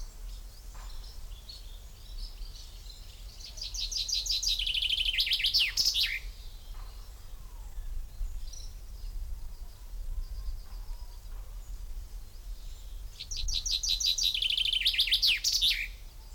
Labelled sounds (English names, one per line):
Common Chaffinch